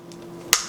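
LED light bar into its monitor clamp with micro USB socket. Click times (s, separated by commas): 0.5 s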